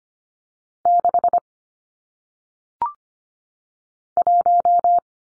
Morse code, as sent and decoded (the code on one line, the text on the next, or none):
-.... / .----
6 1